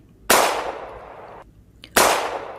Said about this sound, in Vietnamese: Một tiếng súng vang lên, cả người tôi phóng vù sang một bên, trốn dưới mặt bàn.